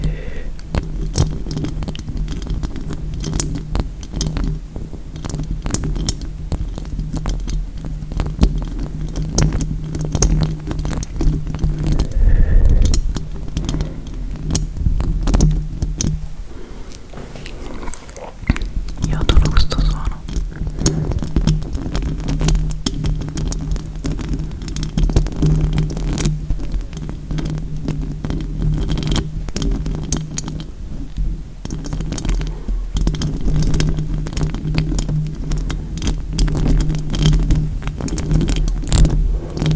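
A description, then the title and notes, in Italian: Long fingernails tap and scratch, a dense, uneven stream of crisp clicks running the whole time. A steady low hum sits underneath, briefly dropping away around sixteen to nineteen seconds, with a fuller rustling burst near twelve seconds. ASMR con le unghie lunghissime. In questo episodio ho indossato delle unghie finte molto lunghe.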